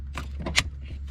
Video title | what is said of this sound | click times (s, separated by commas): How to Swap Cadillac SRX Dead Battery Replacement 2010 2011 2012 2013 2014 2015 2016 | so they just clip over the side so when you put this back on you hear it snap you hear it snap | 0.2 s, 0.6 s